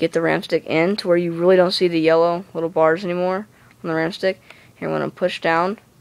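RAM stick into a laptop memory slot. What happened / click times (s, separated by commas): A memory module is being handled and positioned; no seating click yet / none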